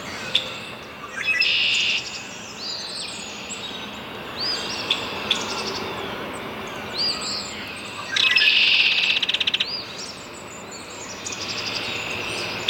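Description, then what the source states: Belted Kingfisher rattling in two short, harsh, rapid bursts, among scattered chirps and whistles. Recorded at Carden Alvar in August 2026.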